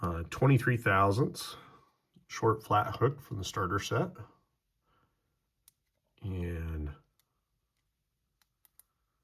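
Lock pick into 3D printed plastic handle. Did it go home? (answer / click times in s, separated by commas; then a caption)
no / none. Someone talks while handling a 23,000 short flat hook lock pick from a starter set, about to push it into a 3D printed, color-coded plastic handle. After the talking come a brief low hum and a few faint, sharp ticks near 5.7, 7.2, 8.4, 8.6 and 8.8 seconds. The pick has not seated or clicked into the handle yet.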